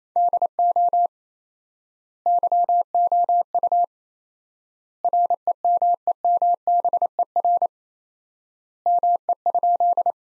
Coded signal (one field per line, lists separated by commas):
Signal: Morse code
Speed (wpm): 27 wpm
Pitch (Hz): 700 Hz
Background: none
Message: DO YOU REMEMBER ME?